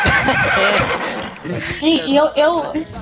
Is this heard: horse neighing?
yes